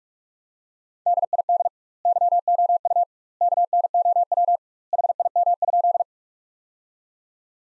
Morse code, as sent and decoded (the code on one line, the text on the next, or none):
-.. .. -.. / -.-- --- ..- / -.- -. --- .-- / .... .. -- ..--..
DID YOU KNOW HIM?